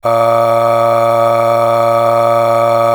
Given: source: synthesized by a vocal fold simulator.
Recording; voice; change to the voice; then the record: sustained vowel; male; aspiration noise (breathiness), level 9 of 10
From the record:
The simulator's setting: 3.35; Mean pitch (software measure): 115 Hz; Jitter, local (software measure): 0.81%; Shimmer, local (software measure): 10.2%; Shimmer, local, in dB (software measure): 0.89 dB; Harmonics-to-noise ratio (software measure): 13.2 dB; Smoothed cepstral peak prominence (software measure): 13.5 dB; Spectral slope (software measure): -16.7 dB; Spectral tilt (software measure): -8.4 dB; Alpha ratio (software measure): -7.2 dB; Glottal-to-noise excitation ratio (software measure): 0.873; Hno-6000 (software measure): 1.9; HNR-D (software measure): 22.7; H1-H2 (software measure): 4.9 dB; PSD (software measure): 6.1e-05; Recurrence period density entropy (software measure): 0.121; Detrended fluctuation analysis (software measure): 0.0541